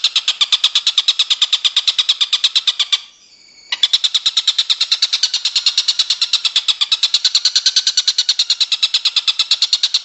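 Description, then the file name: Stork-billed kingfisher uttering a long run of harsh, evenly repeated cackling notes with one short break near three seconds. "tengkek buto om andri"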